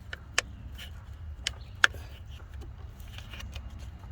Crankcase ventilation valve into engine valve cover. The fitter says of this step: and then you'll hear them click